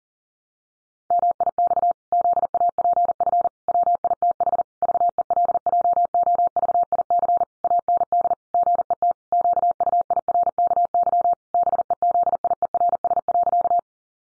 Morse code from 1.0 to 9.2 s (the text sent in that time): MIX ZAPF WITH VELJOVIC AND GET